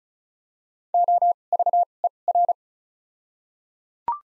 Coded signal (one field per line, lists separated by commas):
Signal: Morse code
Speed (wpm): 34 wpm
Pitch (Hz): 700 Hz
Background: none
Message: O V E R